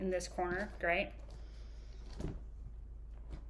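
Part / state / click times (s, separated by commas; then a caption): tablet into keyboard folio case shell / not seated / none. An iPad Pro 12.9" 5th Gen (2021) is pressed corner by corner into the plastic shell of a SaharaCase Keyboard + Trackpad Folio case while someone talks. Soft handling and pressing noises follow, with a brief low thump around 2.2 s. Nothing has seated or clicked into place yet.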